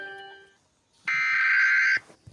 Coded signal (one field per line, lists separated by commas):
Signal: Emergency Alert System (SAME) tones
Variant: header bursts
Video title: America eas alarms